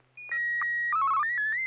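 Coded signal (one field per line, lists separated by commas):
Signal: SSTV (slow-scan television)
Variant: Martin 1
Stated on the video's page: SSTV images exchanged over amateur radio in a weekly net on a 441.300 MHz FM repeater, using MMSSTV software.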